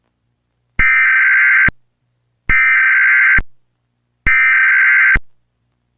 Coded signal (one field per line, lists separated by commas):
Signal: Emergency Alert System (SAME) tones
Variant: header bursts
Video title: EAS Mock: me when I hort (4/12/14, New AU)